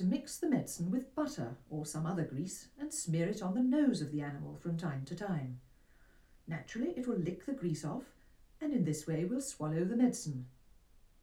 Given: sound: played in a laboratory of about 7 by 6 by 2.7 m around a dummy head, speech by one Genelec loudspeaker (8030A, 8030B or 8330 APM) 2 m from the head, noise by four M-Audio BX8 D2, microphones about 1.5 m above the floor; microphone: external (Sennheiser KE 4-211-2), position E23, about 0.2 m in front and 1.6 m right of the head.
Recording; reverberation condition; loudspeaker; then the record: female speech in English; low; 150 degrees to the left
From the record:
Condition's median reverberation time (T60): about 310 ms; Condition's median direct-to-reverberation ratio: about 3.5 dB